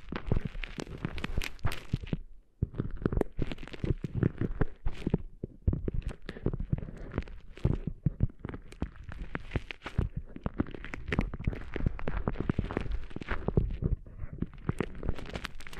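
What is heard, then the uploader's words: Cleaning sand out of ears produces a dense, gritty stream of scratching and crackling, with rapid irregular pops and rubs running almost without pause. Short lulls come near the start and again around six seconds, with a low muffled thumping underneath throughout. ASMR Cleaning Sand Out of Your Ears (No Talking).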